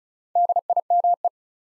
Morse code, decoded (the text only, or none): DIME